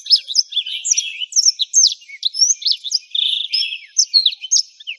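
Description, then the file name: Black-throated Canary: blackthroat singing a continuous, rapid, high-pitched warble that mixes thin slurred notes, buzzy rattles and quick chirps without pause. "suara burung blackthroat"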